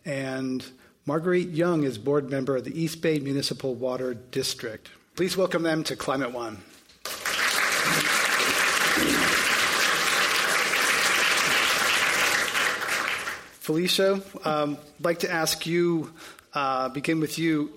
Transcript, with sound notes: and Marguerite Young is board member at the East Bay Municipal Water District. Please welcome them to Climate One.
[Applause]
Felicia, I'd like to ask you, begin with you,